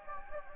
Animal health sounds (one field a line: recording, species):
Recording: mosquito wingbeat signal from an infrared sensor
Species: Anopheles gambiae